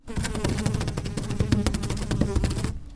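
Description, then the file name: Fly buzzing loudly and steadily with a low droning hum, broken by rapid repeated ticking taps as it bumps against something throughout. Fly flying wildly into a lamp shade. "Fly Going Crazy Into Lamp Shade"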